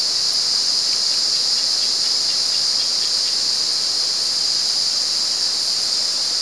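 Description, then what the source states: Cicada buzz: a continuous, even, high-pitched hiss held at constant strength throughout. At San Ramon.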